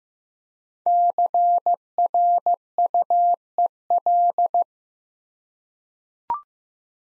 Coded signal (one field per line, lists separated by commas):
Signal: Morse code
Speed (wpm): 15 wpm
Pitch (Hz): 700 Hz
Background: none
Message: CRUEL